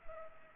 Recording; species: mosquito wingbeat signal from an infrared sensor; Culex pipiens